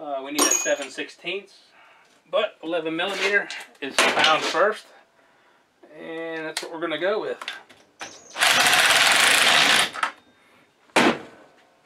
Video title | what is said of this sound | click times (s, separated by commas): Pro Mac 10-10 Mod, The HACK-10 Project | don't worry that wasn't the wrong size socket i just stripped that out from uh negligence | 10.0 s